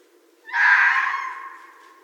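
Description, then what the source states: Red fox giving a single harsh, rasping scream that starts abruptly, holds for about a second, then fades away against a low steady hum. Recorded on 2 January 2012.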